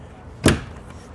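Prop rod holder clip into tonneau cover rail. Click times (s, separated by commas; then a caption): 0.5 s. The plastic clip that holds the prop rod of a BAKFlip F1 hard tonneau cover on a 2022 Ford F-250 Super Duty is hooked under the aluminum rail and its back end pushed in. A single sharp snap sounds at 0.5 s against a quiet background. The clip is seated in the rail.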